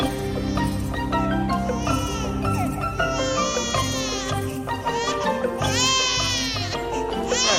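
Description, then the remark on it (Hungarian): A baby cries loudly and without pause, its high wails rising and falling in long drawn-out bursts over a steady, humming tonal background. “Úgy ordít, mintha enné valaki.”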